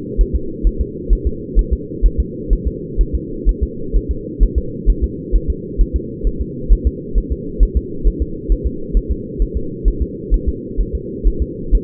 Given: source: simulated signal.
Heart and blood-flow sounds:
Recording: fetal heart sounds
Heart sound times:
0.21 s: S1
0.35 s: S2
0.67 s: S1
0.81 s: S2
1.13 s: S1
1.27 s: S2
1.59 s: S1
1.73 s: S2
2.06 s: S1
2.20 s: S2
2.53 s: S1
2.67 s: S2
3.01 s: S1
3.15 s: S2
3.49 s: S1
3.63 s: S2
3.96 s: S1
4.11 s: S2
4.43 s: S1
4.58 s: S2
4.90 s: S1
5.04 s: S2
5.35 s: S1
5.50 s: S2
5.81 s: S1
5.96 s: S2
6.27 s: S1
6.41 s: S2
6.73 s: S1
6.87 s: S2
7.18 s: S1
7.32 s: S2
7.63 s: S1
7.77 s: S2
8.07 s: S1
8.22 s: S2
8.52 s: S1
8.67 s: S2
8.97 s: S1
9.11 s: S2
9.42 s: S1
9.57 s: S2
9.88 s: S1
10.02 s: S2
10.34 s: S1
10.48 s: S2
10.81 s: S1
10.95 s: S2
11.27 s: S1
11.42 s: S2
11.75 s: S1
From the record:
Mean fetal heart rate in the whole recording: 130 bpm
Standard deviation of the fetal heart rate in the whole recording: 2 bpm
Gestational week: 36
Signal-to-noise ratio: -4.3 dB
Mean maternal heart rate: 72 bpm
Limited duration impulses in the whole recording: absent

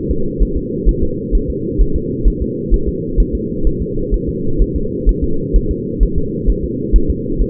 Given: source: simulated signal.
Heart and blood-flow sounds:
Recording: fetal heart sounds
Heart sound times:
0.11 s: S2
0.43 s: S1
0.57 s: S2
0.89 s: S1
1.03 s: S2
1.35 s: S1
1.50 s: S2
1.81 s: S1
1.96 s: S2
2.28 s: S1
2.42 s: S2
2.74 s: S1
2.89 s: S2
3.20 s: S1
3.35 s: S2
3.67 s: S1
3.82 s: S2
4.14 s: S1
4.29 s: S2
4.62 s: S1
4.76 s: S2
5.09 s: S1
5.24 s: S2
5.56 s: S1
5.71 s: S2
6.03 s: S1
6.18 s: S2
6.50 s: S1
6.64 s: S2
6.96 s: S1
7.10 s: S2
7.42 s: S1
From the record:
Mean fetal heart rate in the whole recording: 130 bpm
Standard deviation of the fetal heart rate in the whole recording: 2 bpm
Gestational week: 36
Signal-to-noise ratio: -8.1 dB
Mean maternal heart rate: 72 bpm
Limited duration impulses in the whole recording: absent

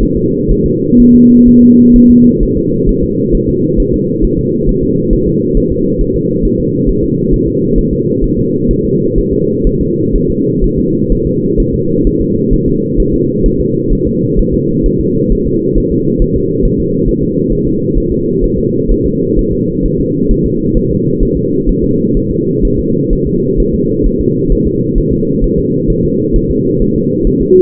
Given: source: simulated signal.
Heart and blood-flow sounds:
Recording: fetal heart sounds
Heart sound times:
0.03 s: S1
0.17 s: S2
0.52 s: S1
0.66 s: S2
1.00 s: S1
1.15 s: S2
1.48 s: S1
1.63 s: S2
1.96 s: S1
2.11 s: S2
2.43 s: S1
2.57 s: S2
2.89 s: S1
3.03 s: S2
3.35 s: S1
3.49 s: S2
3.80 s: S1
3.94 s: S2
4.25 s: S1
4.39 s: S2
4.69 s: S1
4.83 s: S2
5.13 s: S1
5.28 s: S2
5.57 s: S1
5.72 s: S2
6.01 s: S1
6.16 s: S2
6.45 s: S1
6.60 s: S2
6.89 s: S1
7.04 s: S2
7.34 s: S1
7.48 s: S2
7.78 s: S1
7.93 s: S2
8.24 s: S1
8.39 s: S2
8.71 s: S1
8.85 s: S2
9.18 s: S1
9.33 s: S2
9.67 s: S1
9.81 s: S2
10.16 s: S1
10.30 s: S2
10.64 s: S1
10.79 s: S2
11.12 s: S1
11.27 s: S2
11.60 s: S1
11.74 s: S2
12.07 s: S1
12.21 s: S2
12.53 s: S1
12.68 s: S2
13.00 s: S1
13.14 s: S2
13.46 s: S1
13.61 s: S2
13.93 s: S1
14.07 s: S2
14.39 s: S1
14.54 s: S2
14.86 s: S1
15.00 s: S2
15.32 s: S1
15.47 s: S2
15.78 s: S1
15.92 s: S2
16.22 s: S1
16.36 s: S2
16.65 s: S1
16.80 s: S2
17.09 s: S1
17.23 s: S2
17.53 s: S1
17.67 s: S2
17.98 s: S1
18.12 s: S2
18.44 s: S1
18.59 s: S2
18.91 s: S1
19.06 s: S2
19.39 s: S1
19.53 s: S2
19.86 s: S1
20.00 s: S2
20.31 s: S1
20.46 s: S2
20.77 s: S1
20.91 s: S2
21.23 s: S1
21.37 s: S2
21.69 s: S1
21.84 s: S2
22.17 s: S1
22.31 s: S2
22.65 s: S1
22.79 s: S2
23.13 s: S1
23.27 s: S2
23.60 s: S1
23.75 s: S2
24.06 s: S1
24.21 s: S2
24.52 s: S1
24.67 s: S2
24.98 s: S1
25.13 s: S2
25.44 s: S1
25.59 s: S2
25.90 s: S1
26.05 s: S2
26.36 s: S1
26.51 s: S2
26.82 s: S1
26.96 s: S2
27.27 s: S1
27.42 s: S2
From the record:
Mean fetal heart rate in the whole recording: 130 bpm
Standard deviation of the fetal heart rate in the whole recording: 4 bpm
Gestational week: 38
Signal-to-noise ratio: -11.2 dB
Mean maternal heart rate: 72 bpm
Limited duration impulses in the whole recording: present

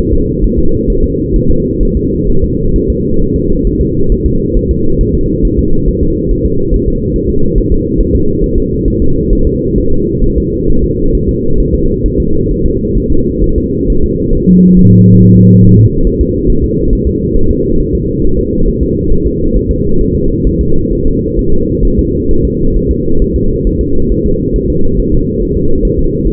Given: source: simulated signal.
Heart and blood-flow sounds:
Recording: fetal heart sounds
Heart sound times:
0.14 s: S2
0.44 s: S1
0.59 s: S2
0.90 s: S1
1.04 s: S2
1.36 s: S1
1.51 s: S2
1.83 s: S1
1.97 s: S2
2.30 s: S1
2.44 s: S2
2.76 s: S1
2.90 s: S2
3.22 s: S1
3.36 s: S2
3.67 s: S1
3.82 s: S2
4.12 s: S1
4.26 s: S2
4.57 s: S1
4.71 s: S2
5.01 s: S1
5.15 s: S2
5.45 s: S1
5.59 s: S2
5.89 s: S1
6.03 s: S2
6.32 s: S1
6.46 s: S2
6.74 s: S1
6.88 s: S2
7.16 s: S1
7.30 s: S2
7.58 s: S1
7.72 s: S2
8.01 s: S1
8.15 s: S2
8.44 s: S1
8.58 s: S2
8.88 s: S1
9.02 s: S2
9.33 s: S1
9.47 s: S2
9.78 s: S1
9.93 s: S2
10.24 s: S1
10.38 s: S2
10.70 s: S1
10.84 s: S2
11.15 s: S1
11.29 s: S2
11.60 s: S1
11.75 s: S2
12.06 s: S1
12.20 s: S2
12.52 s: S1
12.66 s: S2
12.98 s: S1
13.12 s: S2
13.44 s: S1
13.58 s: S2
13.90 s: S1
14.04 s: S2
14.35 s: S1
14.49 s: S2
14.79 s: S1
14.93 s: S2
15.22 s: S1
15.36 s: S2
15.65 s: S1
15.79 s: S2
16.07 s: S1
16.21 s: S2
16.50 s: S1
16.64 s: S2
16.93 s: S1
17.07 s: S2
17.37 s: S1
17.51 s: S2
17.81 s: S1
17.95 s: S2
18.25 s: S1
18.39 s: S2
18.68 s: S1
18.83 s: S2
19.12 s: S1
19.27 s: S2
19.57 s: S1
19.71 s: S2
20.01 s: S1
20.15 s: S2
20.47 s: S1
20.61 s: S2
20.93 s: S1
21.07 s: S2
21.39 s: S1
21.53 s: S2
21.85 s: S1
21.99 s: S2
22.31 s: S1
22.45 s: S2
22.77 s: S1
22.91 s: S2
23.22 s: S1
23.36 s: S2
23.67 s: S1
23.81 s: S2
24.12 s: S1
24.26 s: S2
24.56 s: S1
24.70 s: S2
25.00 s: S1
25.14 s: S2
25.43 s: S1
25.57 s: S2
25.85 s: S1
25.99 s: S2
26.28 s: S1
From the record:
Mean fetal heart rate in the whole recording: 135 bpm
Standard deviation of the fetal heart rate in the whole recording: 3 bpm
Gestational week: 36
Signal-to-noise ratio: -17.7 dB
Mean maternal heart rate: 72 bpm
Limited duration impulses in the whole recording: present

